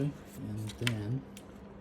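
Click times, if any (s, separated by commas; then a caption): none. A plastic cover for the body of an RC rock crawler car is handled and lined up with its hole while someone talks. Only brief soft handling noises are heard under the voice. The cover has not snapped into place, and nothing has seated or clicked yet.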